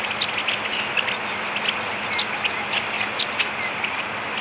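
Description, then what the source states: Yellow-rumped warbler calling with crisp, high chip notes at irregular intervals over a steady hiss. Audubon's form.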